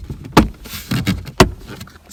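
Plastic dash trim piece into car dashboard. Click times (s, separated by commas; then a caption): 0.4 s, 1.4 s. A plastic dash trim piece is pressed back onto a car dashboard until it snaps into place. Two sharp plastic snaps land at 0.4 s and 1.4 s, with softer rustling knocks around 0.9 to 1.1 s between them. The trim piece ends up seated.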